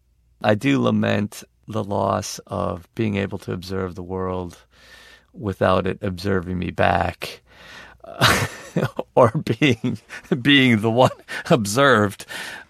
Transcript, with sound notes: I do lament the loss of being able to observe the world without it observing me back (laughter) or being the one observed.